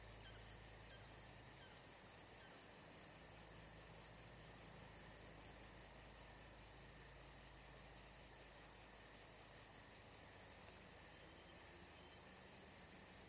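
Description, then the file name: Steady chorus of crickets with quick high pulses, briefly thinning in the middle, over a faint low hum and hiss. Atmosphere at Saint-Jean-de-Luz. "Saint Jean De Luz Crickets Atmosphere Only Paul Parker Sven Jungbeck"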